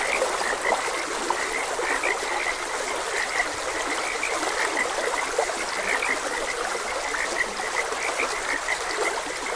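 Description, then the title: Many frogs keep up a continuous chorus of clipped, repeated croaks, layered over the constant rush of a flowing stream. Frogs croaking beside a gentle stream. "Gentle Stream and Frogs Croaking"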